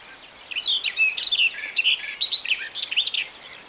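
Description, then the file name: Barred warbler song: a fast, scratchy warble of short varied phrases over a quiet background. 21 May 2023. "20230521 hoksangare"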